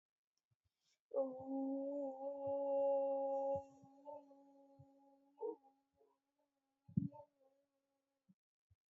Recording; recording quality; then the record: sustained vowel as in boot; excellent, no background noise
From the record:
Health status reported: healthy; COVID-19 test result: negative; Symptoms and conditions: none ticked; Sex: female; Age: 26 years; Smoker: not ticked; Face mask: not worn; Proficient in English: yes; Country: India